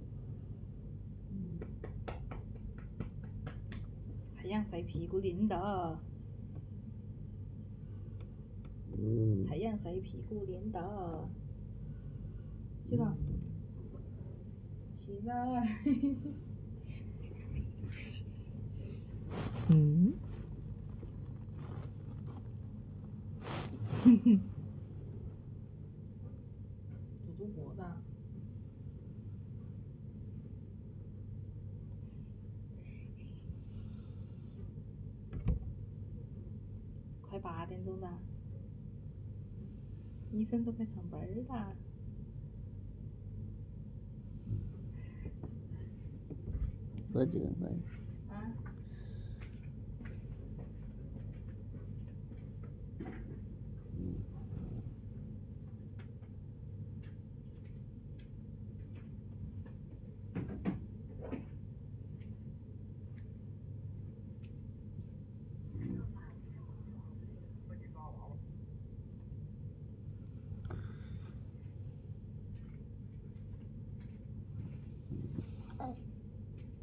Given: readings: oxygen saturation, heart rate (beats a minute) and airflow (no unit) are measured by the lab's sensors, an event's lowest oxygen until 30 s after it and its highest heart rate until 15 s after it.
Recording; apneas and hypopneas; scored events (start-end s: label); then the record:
a person awake in a sleep study, by a smartphone at the bedside; none
0.00-76.83 s: awake
0.00-76.83 s: awake
From the record:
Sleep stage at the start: awake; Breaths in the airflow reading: 24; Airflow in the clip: -0.7 to 0.7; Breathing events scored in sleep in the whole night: 496 in 5.4 hours asleep